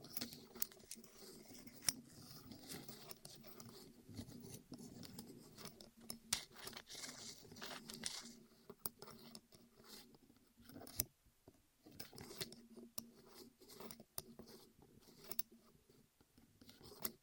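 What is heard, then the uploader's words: ASMR sounds of something rolling over the ears: a soft, continuous rustling and rubbing with a low hum underneath, broken by frequent sharp clicks and taps at irregular moments. Around eleven seconds it briefly thins out into near silence before the textured rolling resumes. ASMR Rolling On Your Ears (No Talking).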